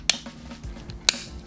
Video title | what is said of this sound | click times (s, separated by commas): Unboxing and installing the Morel IP Ford82 plug and play speaker set | Once you get it lined up, snap it into place | 0.1 s, 1.1 s